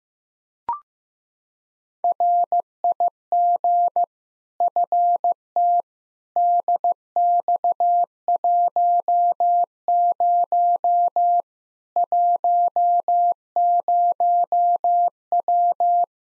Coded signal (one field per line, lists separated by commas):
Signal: Morse code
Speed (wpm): 15 wpm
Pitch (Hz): 700 Hz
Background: none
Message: RIG FT DX10 10W